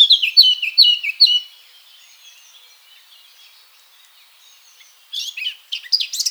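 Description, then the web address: Eurasian blackcap song, a burst of rapid warbled phrases for about a second and a half, then near silence, then another fast twittering burst near the end. "SETE data Sylvia atricapilla"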